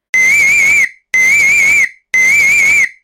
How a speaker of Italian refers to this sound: L'avviso che c'è un'emergenza in atto avviene con un fischietto. 3 fischi continui significano che c'è un'emergenza.